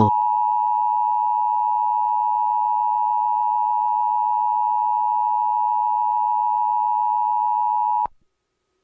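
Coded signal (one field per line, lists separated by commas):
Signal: Emergency Alert System (SAME) tones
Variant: 853 and 960 Hz attention tone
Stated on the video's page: Fictional EAS scenario; the tones were made with a Python EAS generator and edited in audio software.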